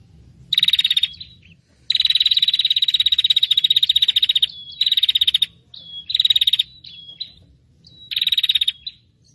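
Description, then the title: Prinia giving loud, buzzy, rapidly pulsed trills in bursts of about half a second to two and a half seconds, separated by short pauses and thin slurred notes. Noisy prinia calls used as a lure for catching birds; refers to red-headed and 'tamu' prenjak. "Suara Prenjak Ribut Buat Pikat Burung Prenjak Kepala Merah Prenjak Tamu"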